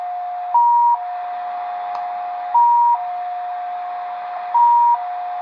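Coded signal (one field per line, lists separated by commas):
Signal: multi-tone FSK (Olivia or MFSK type)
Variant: XPA2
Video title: Degen DE-1103 - XPA2 Data Mode 13/08/2023 2100 UTC 12159kHz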